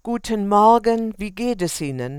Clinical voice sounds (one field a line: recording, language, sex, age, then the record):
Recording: spoken sentence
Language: German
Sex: female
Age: 70 to 79 years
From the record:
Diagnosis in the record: recurrent laryngeal nerve paralysis, dysodia (singing voice disorder)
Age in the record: 72 years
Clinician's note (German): Jetzt kompensiert, lediglich Dysodie